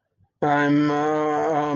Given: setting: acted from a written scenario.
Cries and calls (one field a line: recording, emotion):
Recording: vocal sound without words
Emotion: guilt